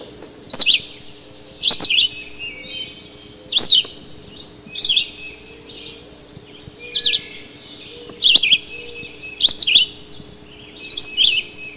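Red-eyed vireo song of crisp, high, varied phrases, repeated steadily with short pauses between them, in a quiet setting with faint clicks.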